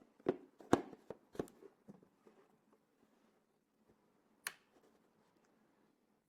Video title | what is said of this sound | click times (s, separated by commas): Filter cleaning and replacing filters on ash vacuums - Einhell Service | You will hear that the filter cartridge is correctly mounted by the click of the micro switch. | 4.5 s